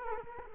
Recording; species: mosquito wingbeat signal from an infrared sensor; Culex quinquefasciatus